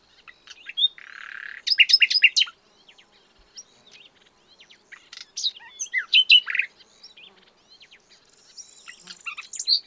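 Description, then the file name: Common nightingale singing varied phrases, a buzzy note then quick repeated whistles and clicks, a pause, then a further burst of sharp chirps and rising notes. "Luscinia megarhynchos"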